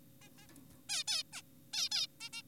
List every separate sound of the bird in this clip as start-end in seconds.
0.22-0.29, 0.38-0.47, 0.89-1.04, 1.08-1.23, 1.33-1.42, 1.74-1.89, 1.92-2.07, 2.21-2.30, 2.33-2.42